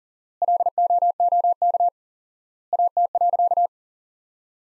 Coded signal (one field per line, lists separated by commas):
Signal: Morse code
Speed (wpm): 40 wpm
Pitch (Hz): 700 Hz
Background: none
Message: LOOK AT.